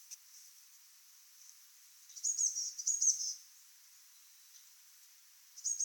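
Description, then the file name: Eurasian blue tit making two close, high-pitched buzzy calls with sharp thin notes on top, then a further call starting at the very end. "Cyanistes caeruleus"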